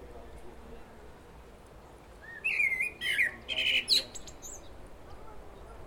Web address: pub SETE data Turdus merula